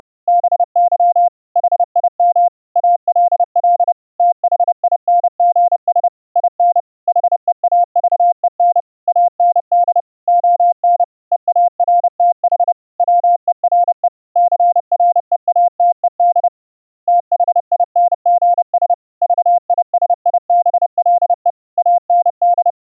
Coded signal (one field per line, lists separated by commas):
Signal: Morse code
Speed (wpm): 31 wpm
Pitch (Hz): 700 Hz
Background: none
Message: BY HIM ALL THINGS IN HEAVEN AND ON EARTH WERE CREATED THINGS VISIBLE AND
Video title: QSO CW AUDIO over IP(Win 10) using a VST HOST in WASAPI EXCLUSIVE MODE & the Studio-Link VST plugin